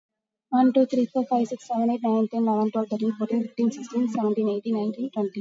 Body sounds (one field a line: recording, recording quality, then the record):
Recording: counting at a fast pace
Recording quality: excellent, no background noise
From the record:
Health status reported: COVID-19 positive, moderate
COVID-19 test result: positive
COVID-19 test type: RT-PCR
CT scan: not taken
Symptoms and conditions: cough, cold, sore throat, fever, muscle pain, loss of smell and taste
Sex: female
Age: 21 years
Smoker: no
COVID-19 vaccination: none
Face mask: worn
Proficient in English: yes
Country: India